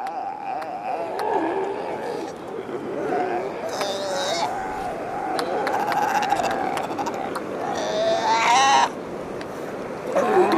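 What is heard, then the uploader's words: Galápagos penguins call in a dense, overlapping chorus, with braying, bleating cries that rise and fall. Sharper squawks cut through around four and eight seconds, while a steady low rumble of wind or surf runs underneath throughout. Galápagos Islands Nature Sounds. Galápagos Penguins.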